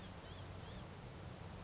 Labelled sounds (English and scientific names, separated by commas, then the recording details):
Blue-gray Gnatcatcher (Polioptila caerulea)
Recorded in Sonoma County, California